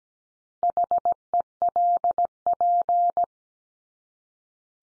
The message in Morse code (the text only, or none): HELP